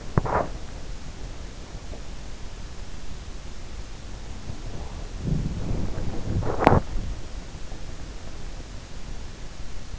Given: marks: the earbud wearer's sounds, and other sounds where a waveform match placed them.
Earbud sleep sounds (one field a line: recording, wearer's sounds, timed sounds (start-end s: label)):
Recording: sounds in sleep by an in-ear microphone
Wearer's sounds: body movement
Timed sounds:
0.00-0.97 s: body movement
5.17-7.43 s: body movement